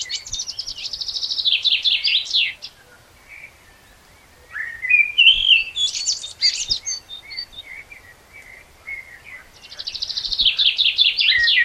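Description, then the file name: Common blackbird song, high rapid twittering bursts alternating with lower fluted whistles, separated by short pauses, then a final burst of squeaky chatter. "Turdus merula"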